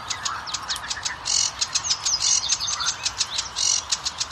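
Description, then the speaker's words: Sedge Warbler song: a lively jumble of sharp ticking notes broken by short buzzy bursts, delivered in an uneven, hurried rhythm. Song directed at females, less variable than related warblers, about 70 syllables; probably also aimed at neighbours to defend the territory. "Geht man jetzt zum Schilfrohrsänger, da ist der Gesang auch so, dass er an die Weibchen orientiert ist, aber nicht so variabel, die haben 70 Silben."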